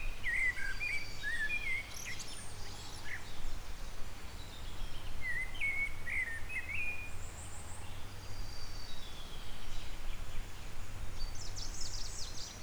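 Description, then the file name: Eurasian blackbird song with two short mellow warbled phrases several seconds apart, softly over a loud steady low hum and some high faint twittering. "Turdus merula"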